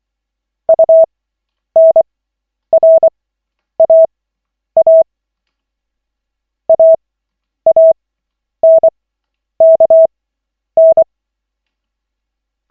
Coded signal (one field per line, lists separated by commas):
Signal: Morse code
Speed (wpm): 24 wpm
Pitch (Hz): 650 Hz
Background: none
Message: UNRAA AANKN